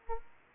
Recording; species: mosquito wingbeat signal from an infrared sensor; Aedes aegypti